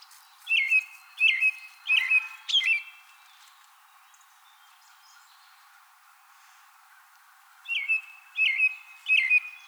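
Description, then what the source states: American robin song: a burst of four whistled caroling phrases, a pause of several seconds, then three more similar phrases, evenly spaced. Recorded 2020-04-24.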